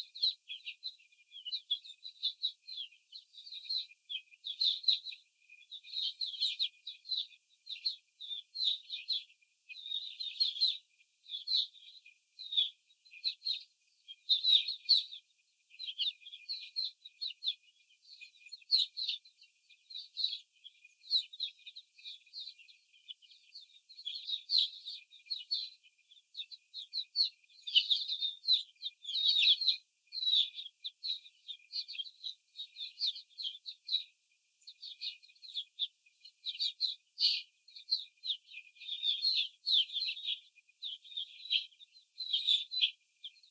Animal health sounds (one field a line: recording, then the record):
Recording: young laying hens in a cage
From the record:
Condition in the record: after the stressor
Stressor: simulated dog barking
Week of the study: 4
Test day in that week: 3